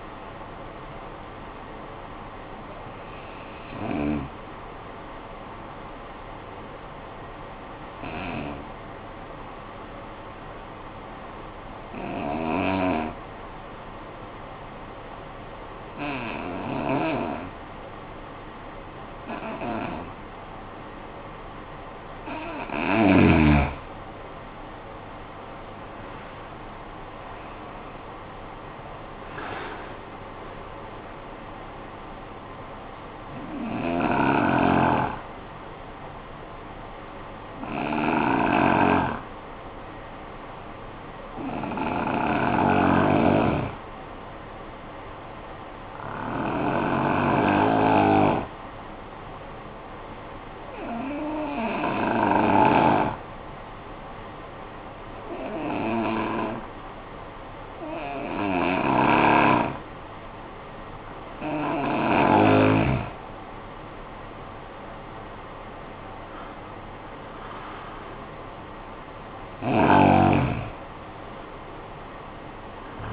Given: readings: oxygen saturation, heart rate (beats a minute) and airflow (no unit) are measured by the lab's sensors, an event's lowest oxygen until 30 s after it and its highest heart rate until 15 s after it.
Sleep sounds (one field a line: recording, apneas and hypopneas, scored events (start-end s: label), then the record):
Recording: breathing in sleep by a voice recorder at the bedside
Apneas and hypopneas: 2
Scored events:
7.00-23.90 s: hypopnea (N2, oxygen 94% highest, then 83% lowest, heart rate 50 at the start, 69 highest)
12.00-72.00 s: new sleep stage, N1 (lightest sleep)
36.00-61.50 s: hypopnea (N1, oxygen 94% highest, then 83% lowest, heart rate 49 at the start, 73 highest)
72.00-73.13 s: new sleep stage, N2 (light sleep)
From the record:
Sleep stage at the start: N2 (light sleep)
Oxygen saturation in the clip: 83 to 94%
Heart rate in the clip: 49 to 73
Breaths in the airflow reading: 17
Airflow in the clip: -15.3 to 12.4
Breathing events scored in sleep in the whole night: 445 in 7.6 hours asleep